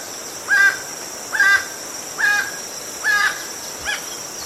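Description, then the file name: Emerald toucanet song: harsh croaking notes repeated a little over once per second, five calls in a row, over a steady high insect drone. "Canto do tucaninho verde"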